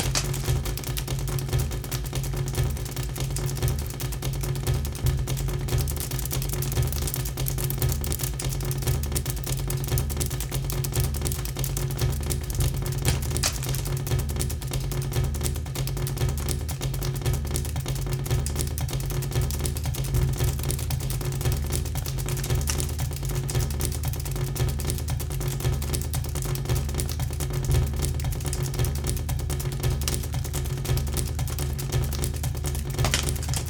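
Droplets patter in a dense, unbroken crackle of tiny ticks that runs steadily for the whole stretch. Underneath sits a constant low rumble with a faint regular throb, and a few slightly sharper taps stand out around the middle and near the end.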